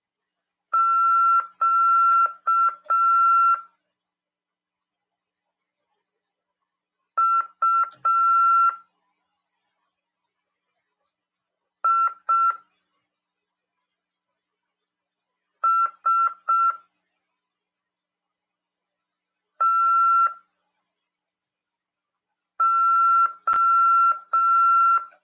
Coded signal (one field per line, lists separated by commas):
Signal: Morse code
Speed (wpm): 6 wpm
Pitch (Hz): 1350 Hz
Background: none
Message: QUISTO